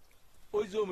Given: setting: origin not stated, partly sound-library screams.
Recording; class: one-second piece from a danger detection set; normal situation